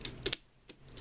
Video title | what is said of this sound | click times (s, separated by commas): Transformers Combiner Wars Voyager Hot Spot Review | can hear a snap when it finally goes in and you just kind of have to move it around there | 0.3 s